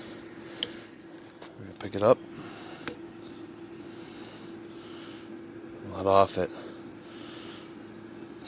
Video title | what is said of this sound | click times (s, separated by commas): BLAZE UP D.I.Y. TORQUE WRENCH CALIBRATION KOBALT | didn't click so | none